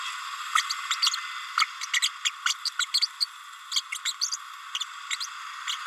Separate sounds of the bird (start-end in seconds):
0.55-0.62, 0.90-0.96, 1.02-1.10, 1.57-1.65, 2.02-2.09, 2.25-2.31, 2.45-2.54, 2.65-2.70, 2.79-2.85, 3.01-3.07, 3.20-3.27, 3.71-3.81, 3.92-3.99, 4.05-4.13, 5.10-5.16